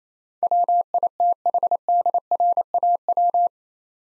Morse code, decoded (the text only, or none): WITHDRAW